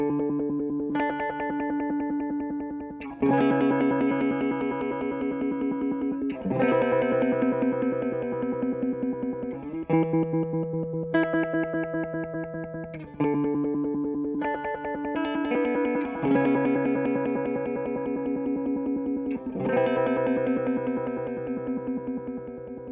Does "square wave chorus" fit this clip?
yes